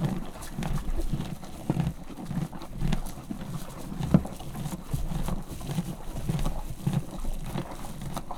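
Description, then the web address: Horse chewing in a steady low rhythm, with soft rustling and a sharp knock near the middle, over farmyard background noise. Farmyard; horse eating corn and stamping its hoof. "lo kukoricatesziklabavaldobbant fecske"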